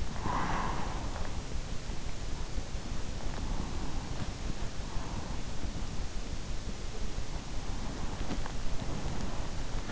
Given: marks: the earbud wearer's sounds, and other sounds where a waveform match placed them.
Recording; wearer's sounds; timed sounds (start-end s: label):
sounds in sleep by an in-ear microphone; breath
0.00-1.48 s: breath